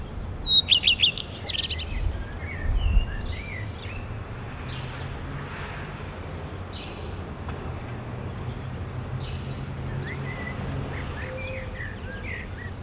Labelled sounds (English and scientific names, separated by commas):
Common Redstart (Phoenicurus phoenicurus) song